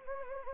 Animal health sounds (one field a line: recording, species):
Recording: mosquito wingbeat signal from an infrared sensor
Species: Anopheles gambiae